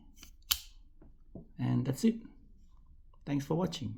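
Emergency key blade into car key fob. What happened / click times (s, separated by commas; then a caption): The metal key blade locked into its plastic housing / 0.5 s. The metal emergency key blade of a BMW X1 F48 key fob is slid back into the plastic fob after a battery replacement, locking in place with a sharp click at 0.5 s. Afterward, someone talks.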